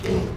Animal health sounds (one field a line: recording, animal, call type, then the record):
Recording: contact call of a hoofed animal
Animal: pig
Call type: closed-mouth grunt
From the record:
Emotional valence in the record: positive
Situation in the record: food and toys in familiar pen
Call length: 0.37 s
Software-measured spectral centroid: 2060 Hz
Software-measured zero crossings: 1120 a second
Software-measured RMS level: -24 dBFS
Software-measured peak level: -11 dBFS